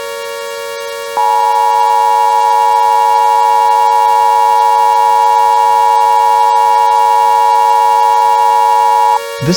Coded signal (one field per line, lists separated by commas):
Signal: Emergency Alert System (SAME) tones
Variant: 853 and 960 Hz attention tone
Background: speech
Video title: EAS Scenario - Negative Lightning